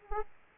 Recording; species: mosquito wingbeat signal from an infrared sensor; Aedes aegypti